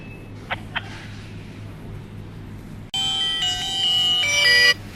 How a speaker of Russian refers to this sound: Сейчас, секундочку, там мне вторая линия звонит, зам начальника батальона Захара. Секунду, я перезвоню вам.